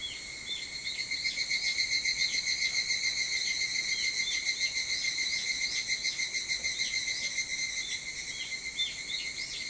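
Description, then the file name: Evening cicada song: a loud, steady high-pitched chorus with a fast pulsing rhythm that swells and fades slightly. Recorded 22 July 2023 at 04:40. "higurashi 230722 0440"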